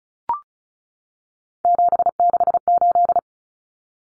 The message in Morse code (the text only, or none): 768